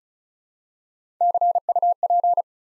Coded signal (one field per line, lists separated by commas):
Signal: Morse code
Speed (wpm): 36 wpm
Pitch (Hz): 700 Hz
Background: none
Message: CUP